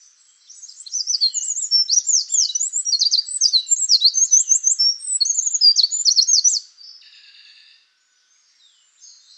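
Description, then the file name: Eurasian wren song: a rapid, high-pitched torrent of sharp trills and chattering notes for about six seconds, then a softer buzzy fragment and silence. "Troglodytes troglodytes"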